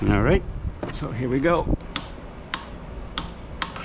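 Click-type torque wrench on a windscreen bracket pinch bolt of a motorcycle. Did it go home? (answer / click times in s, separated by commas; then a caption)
yes / 2.0 s, 2.5 s, 3.2 s, 3.6 s. Someone talks briefly, then a click-type torque wrench set to 20 Nm tightens the windscreen bracket pinch bolt on a Ducati Monster 937 motorcycle. Sharp clicks ring out at 2.0, 2.5, 3.2 and 3.6 seconds as the wrench clicks and is clicked again, to make sure the first click was really heard. The bolt is confirmed torqued to 20 Nm.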